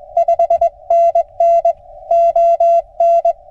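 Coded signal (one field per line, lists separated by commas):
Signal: Morse code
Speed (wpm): 20 wpm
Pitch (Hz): 700 Hz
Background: none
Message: 5NN ON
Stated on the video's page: Morse sent during a Parks on the Air activation at a Pennsylvania state gamelands park, using an Icom 7100.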